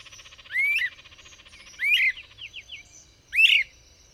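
Bird song: three strong upslurred whistled phrases, the last two separated by a short, quick series of softer notes, over faint background chirping.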